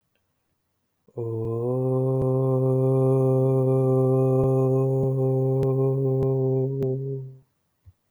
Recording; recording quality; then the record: sustained vowel as in boot; excellent, no background noise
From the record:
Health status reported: healthy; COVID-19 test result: negative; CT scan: not taken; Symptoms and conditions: none ticked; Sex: male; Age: 29 years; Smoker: no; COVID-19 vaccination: both doses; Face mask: not worn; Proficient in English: yes